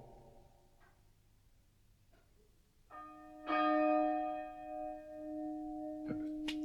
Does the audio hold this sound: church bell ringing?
yes